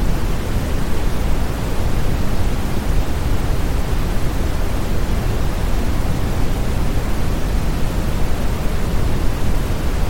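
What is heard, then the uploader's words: Brown noise plays as a steady, dense rumble, heaviest in the low end and softer toward the top, with no changes or breaks. Brown Noise (10 Hours) Sleep Sound.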